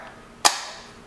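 A Sylvania RT4 LED retrofit module, already fitted in its trim, is pushed up into a Lightolier 5" recessed can fixture until its spring clips snap home. A single sharp snap is heard at 0.5 s, followed by a short fading tail. The retrofit is seated, nice and tight.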